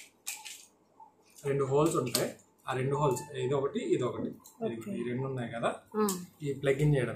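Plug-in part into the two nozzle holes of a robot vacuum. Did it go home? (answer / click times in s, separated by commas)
no / none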